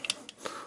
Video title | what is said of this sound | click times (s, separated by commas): KING ARTS MAZINGER Z TOY REVIEW PART 1 | right there's locks into place | 0.1 s